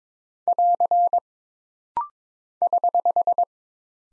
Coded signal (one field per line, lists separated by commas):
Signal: Morse code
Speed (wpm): 22 wpm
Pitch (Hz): 700 Hz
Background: none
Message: <AR> <HH>